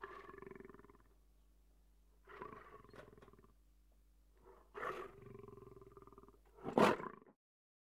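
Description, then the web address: Lion roaring in a series of rough, harmonic bursts, a long throaty one first, then groaning roars, ending with a sharp loud blast. Growl. "KMP Film Video Sound Effects. Leeuw - Gegrom"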